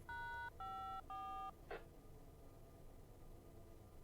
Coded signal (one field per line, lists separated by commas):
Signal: DTMF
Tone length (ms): 420 ms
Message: #54